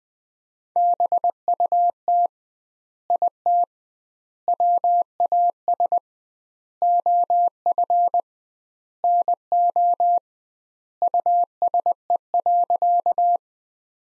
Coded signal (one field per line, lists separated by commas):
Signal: Morse code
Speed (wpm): 20 wpm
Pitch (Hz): 700 Hz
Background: none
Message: BUT IT WAS OF NO USE.